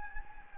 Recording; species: mosquito wingbeat signal from an infrared sensor; Anopheles gambiae